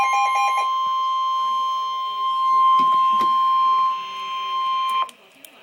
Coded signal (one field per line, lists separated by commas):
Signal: Emergency Alert System (SAME) tones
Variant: 1050 Hz attention tone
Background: speech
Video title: Severe Thunderstorm Warning - EAS #221